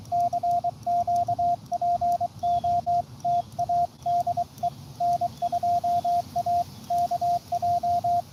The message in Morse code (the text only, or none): CQ POTA DE N2AKJ